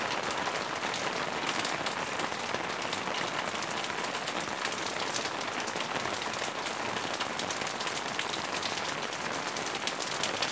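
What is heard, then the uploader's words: Steady, dense rain patters in a back yard, a constant crackling hiss of countless drops with no pauses, bright throughout. Rain, back yard.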